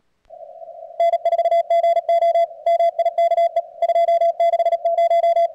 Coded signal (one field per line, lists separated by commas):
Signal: Morse code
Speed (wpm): 37 wpm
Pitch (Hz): 690 Hz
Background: radio noise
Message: N4GO MIKE 260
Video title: cwops cwt 0300 session 130-111